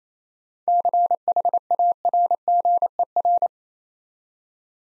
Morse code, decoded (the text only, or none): CHARGER